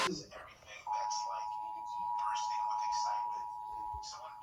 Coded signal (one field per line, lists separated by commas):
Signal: Emergency Alert System (SAME) tones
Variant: 853 and 960 Hz attention tone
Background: speech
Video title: I’m back! (EAS #379-384)